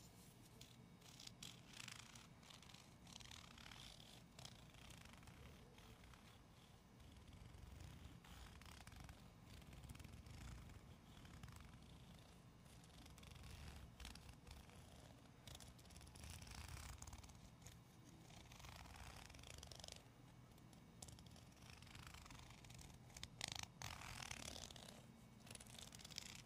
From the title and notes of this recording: ASMR medium gentle tapping and scratching.